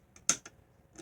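The all-steel bobbin access door of a vintage General Electric Model A sewing machine is pushed shut, with the bobbin slot set vertically so the little guide catches. It latches into the machine body with a loud, solid click at 0.3 s, between fainter ticks at 0.2, 0.5 and 1.0 s. The door is seated and locked.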